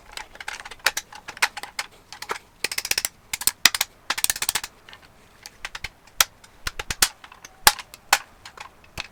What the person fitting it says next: You can hear it locking and snapping in.